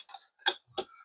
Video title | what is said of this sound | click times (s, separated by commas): Tallow making step by step ... perfect for gifting with many uses to share plus more | and it clicks into place. Simple. | 0.1 s